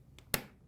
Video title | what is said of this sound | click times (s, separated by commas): Volvo 850 front door will not open from the inside handle repair. Latch link bar has fallen off. | get in the snap in place let me get the other one in place so | 0.3 s